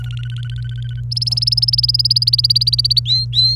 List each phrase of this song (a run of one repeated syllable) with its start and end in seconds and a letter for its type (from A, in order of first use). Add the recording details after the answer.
0.00-1.00 A, 1.11-3.00 B, 3.06-3.55 C. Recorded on 28 April 2018 at 08:17. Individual llb3